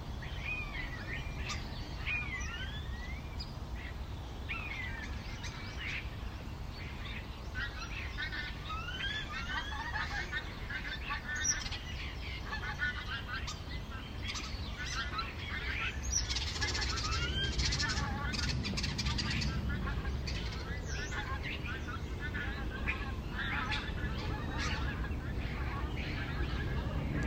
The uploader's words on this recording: Starlings chatting & chattering in the playground.